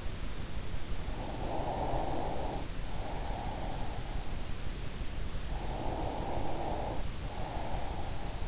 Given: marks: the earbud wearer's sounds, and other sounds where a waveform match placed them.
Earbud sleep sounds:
sounds in sleep by an in-ear microphone; breath
0.73-4.50 s: breath
5.37-8.48 s: breath

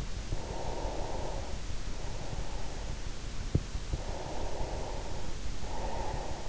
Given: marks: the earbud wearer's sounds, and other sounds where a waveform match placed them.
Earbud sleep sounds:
sounds in sleep by an in-ear microphone; breath
0.12-2.98 s: breath
4.02-6.49 s: breath

